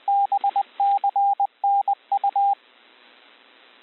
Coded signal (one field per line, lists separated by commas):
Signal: Morse code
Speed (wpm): 20 wpm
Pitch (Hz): 800 Hz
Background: radio noise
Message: BCNU